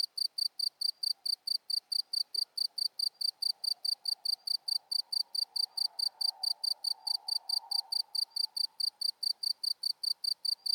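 Insect giving a continuous run of short, evenly spaced high chirps over a faint low hum.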